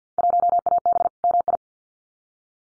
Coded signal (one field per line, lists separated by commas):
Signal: Morse code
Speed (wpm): 48 wpm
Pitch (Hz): 700 Hz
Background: none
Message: 1AB MI